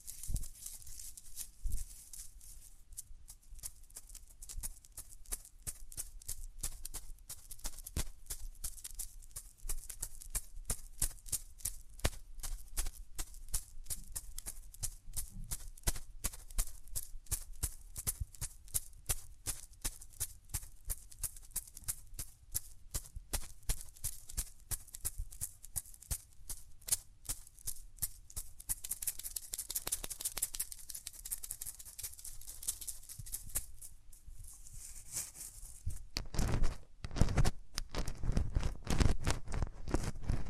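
Hands rub over the ears in a dense, steady stream of quick scratchy rustles and soft taps, with a low rumble underneath. The rubbing turns breathier and louder around thirty seconds, then sharp crackling bursts cluster near the end.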